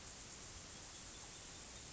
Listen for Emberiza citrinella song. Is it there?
no